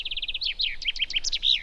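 Common chaffinch song: a quick run of even repeated notes, then a jumble of slurred chirps ending in a short flourish.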